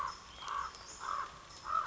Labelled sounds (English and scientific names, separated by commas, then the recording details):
Common Raven (Corvus corax)
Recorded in Sonoma County, California